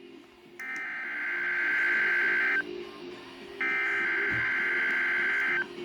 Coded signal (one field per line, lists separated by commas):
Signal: Emergency Alert System (SAME) tones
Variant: header bursts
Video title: Required Weekly Test EAS#62 WNG676